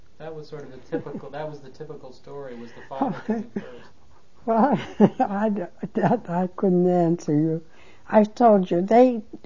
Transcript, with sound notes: That was sort of typical, that was the typical story with the father coming first.
(She laughs.) That I couldn't answer you. I told you, they